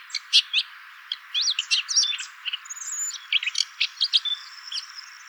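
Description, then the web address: Red-backed shrike singing a varied chatter of rapid notes and sharp clicks, broken by short gaps. "songs lanius collurio call"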